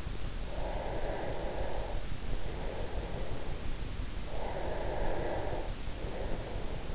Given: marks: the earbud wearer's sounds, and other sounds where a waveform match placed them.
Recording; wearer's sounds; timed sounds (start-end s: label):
sounds in sleep by an in-ear microphone; breath
0.10-3.76 s: breath
4.07-6.95 s: breath